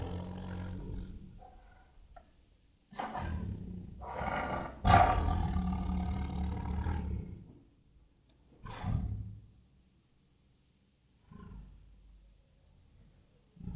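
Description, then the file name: Tiger growls, deep throaty rumbles and breathy snarls rising in bursts with short quiet gaps, a loud harsh growl near five seconds. Two tigers making many throaty breaths and growls. "Two Tigers Make Many Throaty Breaths and Growls [Sound Ideas]"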